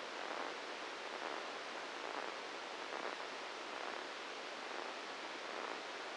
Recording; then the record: brain microelectrode recording played as sound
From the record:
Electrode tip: inside the subthalamic nucleus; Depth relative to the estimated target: 0 mm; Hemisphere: right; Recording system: NeuroSet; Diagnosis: Parkinson's disease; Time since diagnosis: 8 years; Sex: male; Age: 59 years